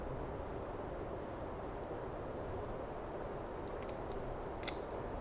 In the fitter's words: Just want to make sure those little retainer clips click into place.